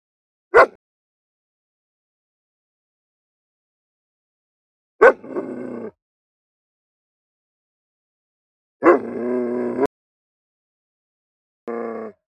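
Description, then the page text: German Shepherd dog giving four separate outbursts: a sharp bark, then a bark running into a short growl, a longer rough growl near nine seconds, and a final brief growl, silence between. Aggressive barking and growling. "German Shepherd Bark Growl Aggressive. Quick Sounds"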